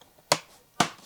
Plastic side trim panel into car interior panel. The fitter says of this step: and it basically just snaps into place